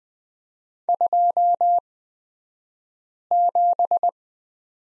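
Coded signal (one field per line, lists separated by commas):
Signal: Morse code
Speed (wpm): 20 wpm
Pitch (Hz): 700 Hz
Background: none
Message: 27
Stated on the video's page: Morse code course lesson on the letter Z, Farnsworth speed 20/10 wpm.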